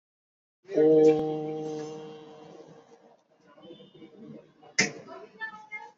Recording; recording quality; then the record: sustained vowel as in boot; excellent, no background noise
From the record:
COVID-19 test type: RT-PCR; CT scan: not taken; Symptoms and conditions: cold, fever, fatigue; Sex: male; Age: 21 years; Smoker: no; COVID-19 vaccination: both doses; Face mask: worn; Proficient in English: yes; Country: India